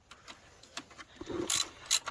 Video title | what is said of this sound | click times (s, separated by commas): Alternator Replacement | So you hear it click? You hear it click, Dawson? | 1.5 s, 1.9 s